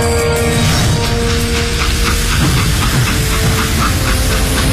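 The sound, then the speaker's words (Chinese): A steam train on the Pinghan railway near Baoding, Hebei, speeds along late at night, its rumble drawing nearer in a loud, steady roar of hissing, rattling noise, with faint rhythmic chuffs running through it and no voices. “火车的轰鸣声越来越近，”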